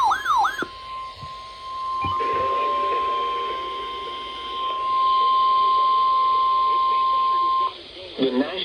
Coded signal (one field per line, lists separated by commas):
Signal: Emergency Alert System (SAME) tones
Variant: 1050 Hz attention tone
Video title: EAS #987 - #990 Severe Thunderstorm Warnings